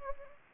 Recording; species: mosquito wingbeat signal from an infrared sensor; Anopheles gambiae